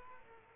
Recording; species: mosquito wingbeat signal from an infrared sensor; Culex quinquefasciatus